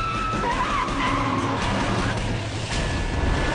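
Tires squeal and skid over a loud, continuous roar of racing car engines, with a high wavering screech sliding through the noise for the whole few seconds of a frantic chase.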